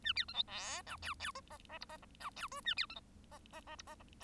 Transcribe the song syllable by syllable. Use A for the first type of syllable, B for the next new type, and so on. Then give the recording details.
A B C D E F G G H H I H F G J A B C H H H I H. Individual Bird1